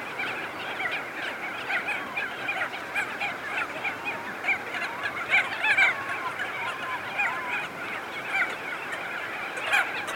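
Crested auklet chorus, dense and continuous, with a few clearer rising and falling honks standing out midway over a hissing background.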